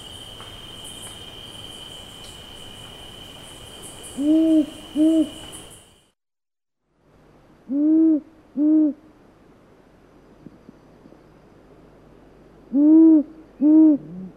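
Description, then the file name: Rufous owl calling in deep paired hoots, three double notes spread throughout, with insect buzzing early on and a brief silent gap. "Nino Rufa"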